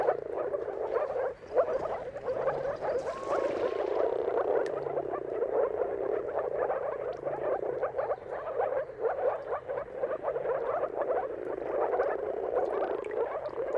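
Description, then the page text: Moor frog chorus of overlapping low, bubbling calls, continuous throughout. Chorus of moor frogs giving mating calls at sunrise, turn of March and April, timing depending on the weather. "Jakub-Orzecki moor frogs. Dawn’s Chorus: Mating Calls of Marsh Frogs at Sunrise. Depending on the weather at the turn of March and April, you can witness an amazing spectacle of moor frogs"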